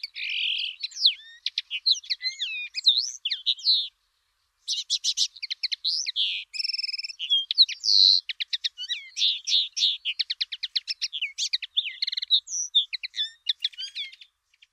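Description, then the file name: Common linnet twittering, a fast run of varied high chirps, trills and buzzy notes, pausing briefly before continuing with rapid repeated twitters. "linnet"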